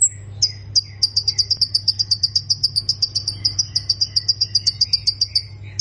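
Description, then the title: Plain prinia singing a long, even series of sharp, high chirps, roughly four a second, with a steady low hum underneath. "Ciblek Sawah"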